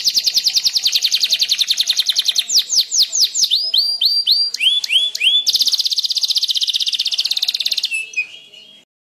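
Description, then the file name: Canary song: a fast rolling trill, then upward-sweeping whistled notes, sharp slurred phrases and a long buzzy trill ending in a short steady whistle. Standard canary song type. "suara kicauan kenari standar. omkicau"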